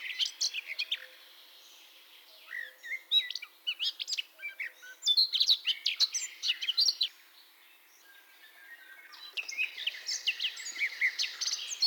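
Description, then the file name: Eurasian blackcap warbling in bursts of fast mixed notes. "baratposzata"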